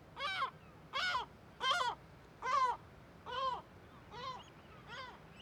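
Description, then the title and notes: Gull alarm calls: seven harsh, nasal, arched notes repeated about every three-quarters of a second, growing softer toward the end over a low steady rumble. Cliff cirque above Viðarlundin forest, Kunoy, Faroe Islands; birds alarmed by the recordist's presence; quadraphonic recording, MixPre6 II with DPA 4021/4022 microphones. "Le Palais des mouettes . Grand Cirque . Kunoy, Îles Féroé. Iles Féroé, KUNOY, nous sommes au dessus la forêt de Viðarlundin í Kunoy, le Cirque est énorme et les mouettes et autres oiseaux se mettent en alerte"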